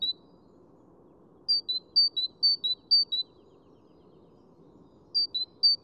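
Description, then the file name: Great tit song in short bursts of clear two-note phrases, alternating higher and lower, separated by stretches of near silence over faint background hum. "Parus major"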